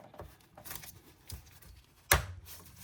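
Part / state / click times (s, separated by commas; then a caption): coolant hose quick-connect fitting onto engine port / seated / 2.1 s. A coolant hose quick-connect fitting on a Ford F-150 5.0 is pushed onto its engine port, with a few faint taps and handling sounds before it. At 2.1 seconds it snaps into place with one sharp, loud click, and the hose is seated.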